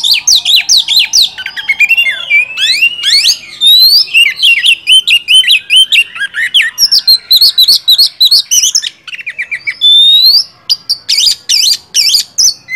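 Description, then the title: Oriental magpie-robin song, a dense, rapid run of varied whistles, slurred chirps and buzzy notes mostly high-pitched, with short clicking bursts throughout. Masteran training song of a first-place champion kacer. "Masteran Kacer Juara 1"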